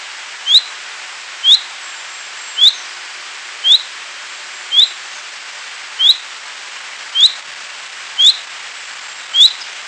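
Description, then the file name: Common chaffinch calling: a clipped, high note repeated nine times against constant soft hiss. "Fringilla coelebs"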